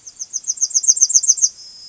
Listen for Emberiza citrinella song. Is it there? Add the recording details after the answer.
yes. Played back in grassland. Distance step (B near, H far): C. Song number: 012